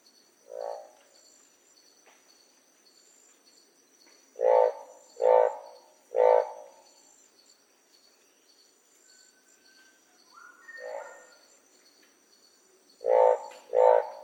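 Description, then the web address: Frog croaks, throaty, in irregular single and paired bursts over a steady high-pitched hum. "animal-sound frog-sound"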